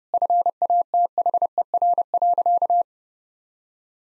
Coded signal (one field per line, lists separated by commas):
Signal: Morse code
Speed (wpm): 30 wpm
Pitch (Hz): 700 Hz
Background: none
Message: FATHER.